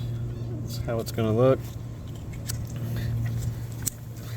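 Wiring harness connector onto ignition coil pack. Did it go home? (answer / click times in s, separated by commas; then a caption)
yes / 2.5 s, 3.9 s. Someone talks as a repinned wiring harness connector is slid back onto the ignition coil pack of a 2019 Audi 8V RS3, over a steady low hum. Two sharp clicks follow at 2.5 s and 3.9 s, and the connector is confirmed seated.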